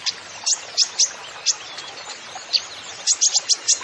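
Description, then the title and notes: Kolibri ninja song of sharp, very high chirps in short bursts, scattered irregularly with quick doubled and tripled notes toward the end. Masteran recording for training songbirds, bird singing vigorously (gacor) with full fill-in phrases (isian) and bursts (tembakan), suited as a lure (pancingan) to prompt other birds. "MASTERAN KOLIBRI NINJA TERBAIK FULL ISIAN DAN TEMBAKAN MEWAH COCOK BUAT PANCINGAN. Suara Burung Kolibri Ninja Gacor"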